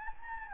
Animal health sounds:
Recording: mosquito wingbeat signal from an infrared sensor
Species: Anopheles gambiae

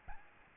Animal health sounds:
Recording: mosquito wingbeat signal from an infrared sensor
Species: Aedes albopictus

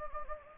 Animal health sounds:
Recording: mosquito wingbeat signal from an infrared sensor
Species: Anopheles gambiae

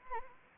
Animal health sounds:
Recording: mosquito wingbeat signal from an infrared sensor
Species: Anopheles arabiensis

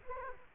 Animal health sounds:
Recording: mosquito wingbeat signal from an infrared sensor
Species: Culex quinquefasciatus

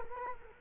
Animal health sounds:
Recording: mosquito wingbeat signal from an infrared sensor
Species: Culex quinquefasciatus

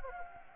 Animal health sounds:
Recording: mosquito wingbeat signal from an infrared sensor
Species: Anopheles gambiae

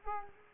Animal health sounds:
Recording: mosquito wingbeat signal from an infrared sensor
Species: Culex pipiens

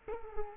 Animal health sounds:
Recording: mosquito wingbeat signal from an infrared sensor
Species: Culex quinquefasciatus

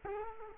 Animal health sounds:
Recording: mosquito wingbeat signal from an infrared sensor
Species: Culex quinquefasciatus

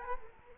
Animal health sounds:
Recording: mosquito wingbeat signal from an infrared sensor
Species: Culex quinquefasciatus

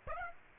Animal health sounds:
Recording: mosquito wingbeat signal from an infrared sensor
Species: Aedes aegypti

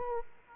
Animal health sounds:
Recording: mosquito wingbeat signal from an infrared sensor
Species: Aedes aegypti

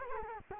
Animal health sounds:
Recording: mosquito wingbeat signal from an infrared sensor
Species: Culex quinquefasciatus

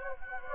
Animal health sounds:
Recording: mosquito wingbeat signal from an infrared sensor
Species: Anopheles gambiae

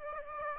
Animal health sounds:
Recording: mosquito wingbeat signal from an infrared sensor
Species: Aedes aegypti

